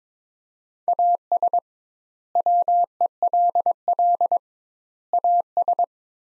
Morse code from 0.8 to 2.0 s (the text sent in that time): AS